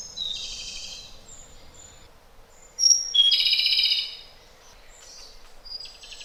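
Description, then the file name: European robin song: thin high whistles and rapid twittering trills in bursts, the loudest near three to four seconds, over soft background noise. "Зарянка -Голос"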